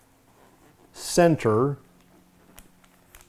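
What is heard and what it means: Someone briefly talks, then two short, sharp clicks sound at 2.6 s and 3.2 s as the white plastic snaps A and B on a Shoei X-Fifteen helmet cheek pad are pressed into the middle (race) position. Both snaps seat in place.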